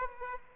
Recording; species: mosquito wingbeat signal from an infrared sensor; Aedes aegypti